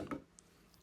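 A 5x magnifier's quick-release mount is popped off the rail of an airsoft AK, giving a sharp, hard knock at 0.1 s as it comes free. Fainter short ticks follow at about 0.4, 0.7 and 0.9 s, and the mount is released.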